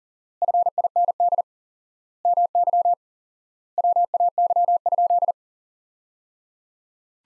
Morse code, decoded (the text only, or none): FIND MY WAY?